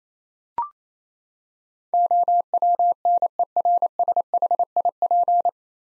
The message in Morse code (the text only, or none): OWNERSHIP